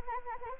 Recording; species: mosquito wingbeat signal from an infrared sensor; Anopheles arabiensis